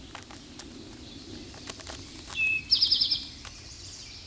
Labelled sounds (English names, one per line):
Eastern Towhee song